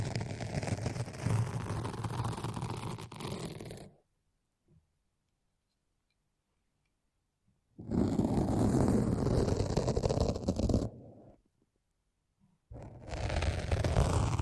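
A foamy, sticky brain massage comes in three dense bursts of squishing and crackling, the first lasting about four seconds, then two shorter ones later. Between them are near-silent gaps with only a faint tick or two. The sound is full and rustly, with a deep rumbling body.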